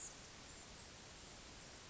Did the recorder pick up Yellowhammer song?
no